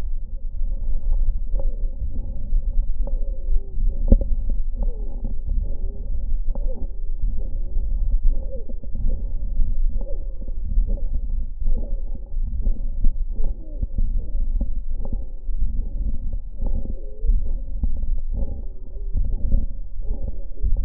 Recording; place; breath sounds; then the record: lung sounds by stethoscope; right posterior upper chest; expiratory wheeze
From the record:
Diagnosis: asthma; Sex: male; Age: 24 years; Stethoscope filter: diaphragm mode, 100 to 500 Hz